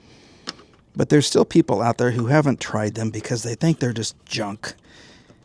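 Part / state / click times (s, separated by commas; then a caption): headlight component into car headlight housing / not seated / none. A part for a new headlight assembly on a W210 Mercedes is handled at its car headlight housing, with a sharp tap at 0.5 s and a faint one at 0.7 s before someone talks for the rest of the clip. Nothing has seated or clicked yet.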